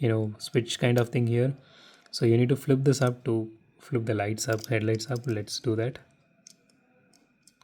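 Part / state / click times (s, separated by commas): pop-up headlight mechanism on a die-cast toy car / seated / 6.5 s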